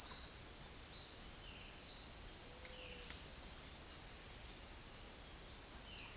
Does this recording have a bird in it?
yes